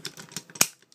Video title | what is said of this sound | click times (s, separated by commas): Takara-Tomy TF: Prime AM-12 BREAKDOWN | You just want to bring this down and it snaps into place. | 0.6 s